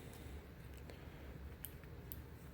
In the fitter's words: Heard the click,